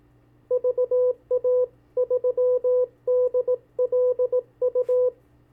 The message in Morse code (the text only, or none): VA3DLU